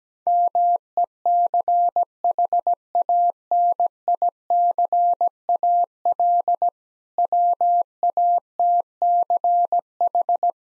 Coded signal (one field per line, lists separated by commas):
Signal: Morse code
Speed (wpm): 17 wpm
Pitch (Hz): 700 Hz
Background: none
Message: MECHANICAL WATCH